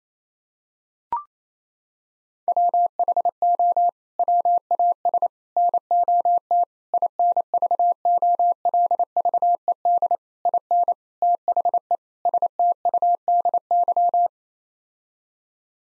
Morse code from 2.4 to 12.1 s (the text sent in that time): WHO WAS NOT INVOLVED IN THE